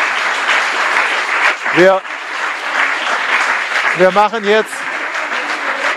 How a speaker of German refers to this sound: Danke auch an alle Mitarbeiter, die das möglich gemacht haben, diesen Tag heute. Geben wir mal allen Mitarbeitern einen kräftigen Applaus.